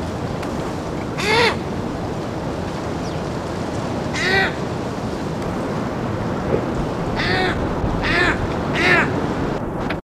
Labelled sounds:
Mountain Caracara (Phalcoboenus megalopterus) call
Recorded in captivity
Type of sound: call
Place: Zoo Berlin, Berlin, DE
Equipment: Halbspur, 9,5 cm/s
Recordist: Lütgens, Hans
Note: Rufe

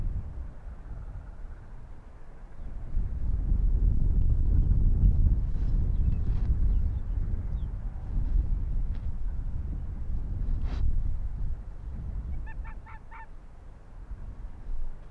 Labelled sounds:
Arctic Fox (Vulpes lagopus)
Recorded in the wild
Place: Insel Mednyi, Kommandeur-Inseln, RU
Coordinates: 54.5167, 168.083
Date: 1999-06-29 17:20
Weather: sonnig, 11°C, aufkommender Nebel, NO-Wind
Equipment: Sony WM-D6C, Sennheiser ME 80, K 30 AV, Windkorb, Kopie Tascam DA 30
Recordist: Jakupi, Antje
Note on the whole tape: Südosten der Insel, Haupttal: sechs Bellstrophen eines Polarfuchses (Alopex lagopus). Bisher nicht identifiziertes Tier am Nordwestgrad, vermutlich an Höhle am Grat. Bellte bisher 8mal. Das Tier ist wegen Nebel leider nicht zu sehen; (14:16) Bellstrophe, (14:36) Bellstrophe, (14:46) Bellstrophe. Entfernung ca. 80 m. Sonnig, z.Zt. heftiger NO-Wind. Der Nebel drückt ins Tal

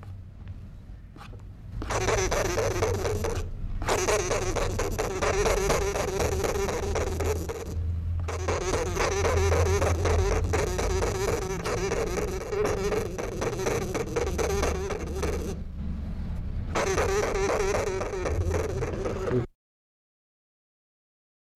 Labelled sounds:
Fat Dormouse (Glis glis) call
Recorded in captivity
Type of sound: call
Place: Zoologisches Institut der HUB, Berlin, DE
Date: 1966-10-24
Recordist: TSA
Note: Stimme eines Tieres, das am 23.10.1966 in einem Nistkasten gefangen werden konnte

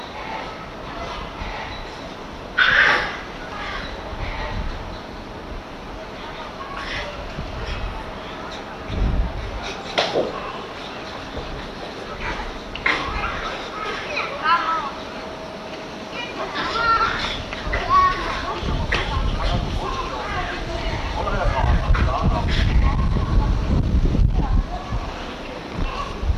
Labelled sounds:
Bonobo (Pan paniscus) call
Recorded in captivity
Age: subadult
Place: Zoo Berlin, Berlin, DE
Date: 1988-07-23 15:12
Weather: sunny, 30°C
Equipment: 19 cm Stereo
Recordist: Tembrock, Günter
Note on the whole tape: Noch nicht ganz erwachsenes Exemplar: Laute beim Kontaktspiel (längere Strecke), diverse auch rhythmische Lautformen. Von 15.12 bis 15.35 Uhr

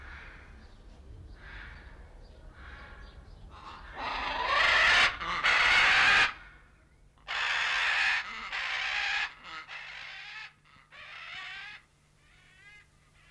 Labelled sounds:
Red-and-green Macaw (Ara chloropterus) call
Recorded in captivity
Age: adult
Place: Zoo Berlin, Berlin, DE
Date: 1994-05-21 12:08
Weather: fair, 12-16°C
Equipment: Marantz CP 430, Sennheiser ME 80, Kopie Uher Variocord 263
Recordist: Tembrock, Günter

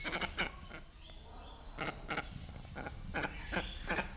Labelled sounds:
Dark-winged Trumpeter (Psophia viridis) call
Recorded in captivity
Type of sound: call
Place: Zoo Berlin, Berlin, DE
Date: 1995-02-04 12:17
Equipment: Marantz CP 130, Sennheiser ME 80, Kopie Uher Variocord 263
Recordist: Tembrock, Günter
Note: Lautfolge am Gitter, auf Beobachter bezogen

